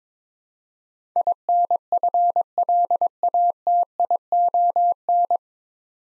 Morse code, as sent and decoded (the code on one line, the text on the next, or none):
.. -. ..-. .-.. .- - .. --- -.
INFLATION